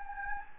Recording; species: mosquito wingbeat signal from an infrared sensor; Anopheles gambiae